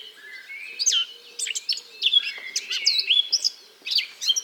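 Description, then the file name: Eurasian blackcap singing a varied, hurried warble with looping whistled notes and scratchy chatter; a faint low hum runs underneath. "Sylvia atricapilla"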